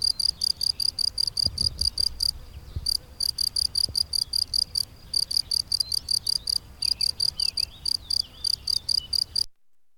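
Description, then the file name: Cricket chirping rapidly in shrill, evenly spaced pulses with a few brief pauses, stopping abruptly near the end. Drôme, May 2008. "grillon-drome-mai-2008"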